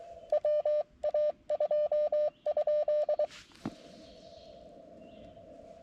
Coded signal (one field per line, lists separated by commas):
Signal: Morse code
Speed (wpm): 23 wpm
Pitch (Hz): 590 Hz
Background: none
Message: WA2?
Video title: CW POTA with the mcHF courtesy of Dugbo KD7DUG